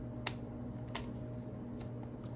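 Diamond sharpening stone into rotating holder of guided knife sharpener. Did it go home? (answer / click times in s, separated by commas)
yes / 0.3 s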